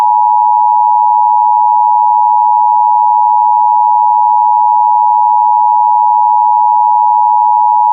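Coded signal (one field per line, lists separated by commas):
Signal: Emergency Alert System (SAME) tones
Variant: 853 and 960 Hz attention tone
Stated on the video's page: Fictional EAS scenario about a nextbot attack, not a real alert.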